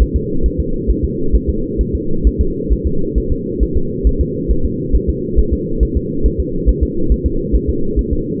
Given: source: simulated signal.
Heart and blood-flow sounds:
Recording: fetal heart sounds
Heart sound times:
0.02 s: S1
0.16 s: S2
0.46 s: S1
0.60 s: S2
0.90 s: S1
1.04 s: S2
1.35 s: S1
1.49 s: S2
1.81 s: S1
1.95 s: S2
2.27 s: S1
2.41 s: S2
2.73 s: S1
2.87 s: S2
3.18 s: S1
3.32 s: S2
3.63 s: S1
3.77 s: S2
4.07 s: S1
4.21 s: S2
4.51 s: S1
4.65 s: S2
4.95 s: S1
5.09 s: S2
5.39 s: S1
5.53 s: S2
5.83 s: S1
5.97 s: S2
6.26 s: S1
6.40 s: S2
6.69 s: S1
6.83 s: S2
7.12 s: S1
7.26 s: S2
7.55 s: S1
7.69 s: S2
7.99 s: S1
8.13 s: S2
From the record:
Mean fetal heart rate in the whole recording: 135 bpm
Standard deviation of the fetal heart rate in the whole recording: 3 bpm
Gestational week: 34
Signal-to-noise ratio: -8.1 dB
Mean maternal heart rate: 72 bpm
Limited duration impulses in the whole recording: absent

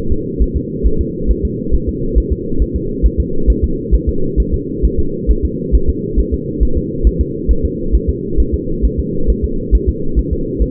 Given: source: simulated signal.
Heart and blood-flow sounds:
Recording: fetal heart sounds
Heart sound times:
0.12 s: S2
0.42 s: S1
0.56 s: S2
0.86 s: S1
1.01 s: S2
1.31 s: S1
1.45 s: S2
1.75 s: S1
1.89 s: S2
2.18 s: S1
2.32 s: S2
2.62 s: S1
2.76 s: S2
3.06 s: S1
3.20 s: S2
3.50 s: S1
3.64 s: S2
3.95 s: S1
4.09 s: S2
4.40 s: S1
4.54 s: S2
4.85 s: S1
4.99 s: S2
5.31 s: S1
5.45 s: S2
5.75 s: S1
5.90 s: S2
6.20 s: S1
6.34 s: S2
6.63 s: S1
6.77 s: S2
7.07 s: S1
7.21 s: S2
7.51 s: S1
7.65 s: S2
7.95 s: S1
8.09 s: S2
8.40 s: S1
8.54 s: S2
8.85 s: S1
8.99 s: S2
9.30 s: S1
9.44 s: S2
9.75 s: S1
9.89 s: S2
10.19 s: S1
10.33 s: S2
10.62 s: S1
From the record:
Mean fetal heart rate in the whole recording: 135 bpm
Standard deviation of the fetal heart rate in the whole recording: 3 bpm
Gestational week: 34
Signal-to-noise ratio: -8.1 dB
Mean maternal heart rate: 72 bpm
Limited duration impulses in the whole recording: absent

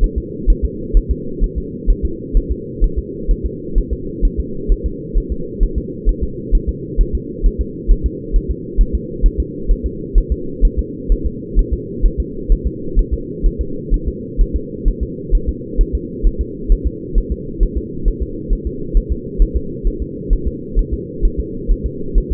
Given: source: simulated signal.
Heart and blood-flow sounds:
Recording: fetal heart sounds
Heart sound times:
0.04 s: S1
0.18 s: S2
0.50 s: S1
0.65 s: S2
0.97 s: S1
1.11 s: S2
1.44 s: S1
1.58 s: S2
1.90 s: S1
2.05 s: S2
2.37 s: S1
2.52 s: S2
2.84 s: S1
2.99 s: S2
3.31 s: S1
3.46 s: S2
3.78 s: S1
3.93 s: S2
4.25 s: S1
4.40 s: S2
4.72 s: S1
4.86 s: S2
5.18 s: S1
5.32 s: S2
5.63 s: S1
5.78 s: S2
6.09 s: S1
6.24 s: S2
6.55 s: S1
6.69 s: S2
7.01 s: S1
7.15 s: S2
7.46 s: S1
7.61 s: S2
7.92 s: S1
8.06 s: S2
8.36 s: S1
8.51 s: S2
8.81 s: S1
8.95 s: S2
9.26 s: S1
9.40 s: S2
9.71 s: S1
9.86 s: S2
10.18 s: S1
10.32 s: S2
10.65 s: S1
10.79 s: S2
11.12 s: S1
11.27 s: S2
11.59 s: S1
11.73 s: S2
12.06 s: S1
12.20 s: S2
12.52 s: S1
12.67 s: S2
12.99 s: S1
13.14 s: S2
13.46 s: S1
13.61 s: S2
13.94 s: S1
14.08 s: S2
14.41 s: S1
14.56 s: S2
14.88 s: S1
15.03 s: S2
15.35 s: S1
15.49 s: S2
15.81 s: S1
15.95 s: S2
16.27 s: S1
16.41 s: S2
16.72 s: S1
16.87 s: S2
17.18 s: S1
17.32 s: S2
17.63 s: S1
17.78 s: S2
18.08 s: S1
18.22 s: S2
18.53 s: S1
18.67 s: S2
18.97 s: S1
19.12 s: S2
19.42 s: S1
19.57 s: S2
19.87 s: S1
20.02 s: S2
20.33 s: S1
20.48 s: S2
20.79 s: S1
20.94 s: S2
21.25 s: S1
21.40 s: S2
21.71 s: S1
21.86 s: S2
22.18 s: S1
22.32 s: S2
From the record:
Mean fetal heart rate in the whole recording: 130 bpm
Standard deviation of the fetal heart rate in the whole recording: 2 bpm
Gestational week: 38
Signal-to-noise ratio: -4.3 dB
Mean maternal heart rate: 72 bpm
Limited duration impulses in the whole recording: absent

